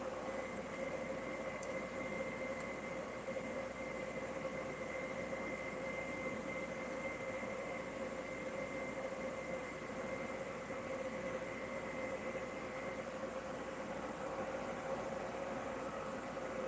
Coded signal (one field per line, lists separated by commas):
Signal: FT8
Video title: ham radio hack is live!